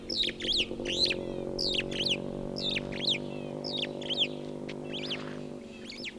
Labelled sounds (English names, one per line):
Superb Starling flight call